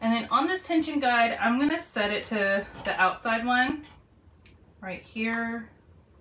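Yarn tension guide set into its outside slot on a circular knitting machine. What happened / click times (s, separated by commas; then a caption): The plastic guide is being handled but has not clicked into place / none. Someone talks while handling the yarn tension guide on a plastic circular knitting machine, moving it toward its outside slot, the loosest setting. After the talking stops there is a quiet stretch with only faint handling noise, then a short burst of talk. The guide has not clicked into place yet.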